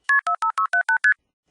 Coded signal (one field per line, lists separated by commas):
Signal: multi-frequency trunk signalling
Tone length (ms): 100 ms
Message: KP45678ST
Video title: How I became a phone phreak PT2